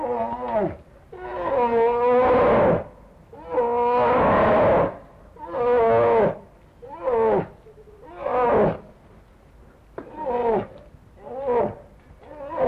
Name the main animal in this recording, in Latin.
Ursus arctos